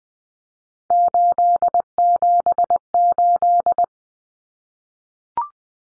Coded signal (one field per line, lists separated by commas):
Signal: Morse code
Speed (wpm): 20 wpm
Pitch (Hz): 700 Hz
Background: none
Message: 878